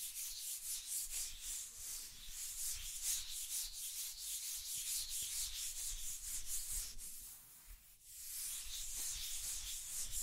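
Steady scratching and tracing, a dense, hissy rubbing like sandpaper or a stylus dragged over a rough surface. Strokes repeat roughly every half second with small clicks, and the sound briefly thins and drops away near the eighth second before resuming.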